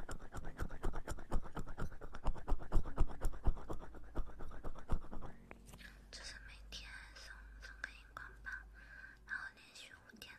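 Oily massage sounds fill the first five seconds with a dense run of quick, crisp scratchy strokes, fast and fairly regular. After that the strokes stop and quieter, slick squishing and small wet clicks follow, softer and more scattered, with a faint low hum underneath.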